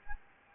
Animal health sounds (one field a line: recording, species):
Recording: mosquito wingbeat signal from an infrared sensor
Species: Anopheles gambiae